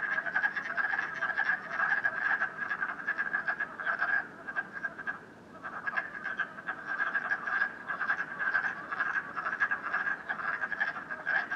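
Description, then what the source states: A dense frog chorus of fast croaks, dropping into a short lull around five seconds, then building again. Frogs croaking at night in Canada, recorded during COVID-19.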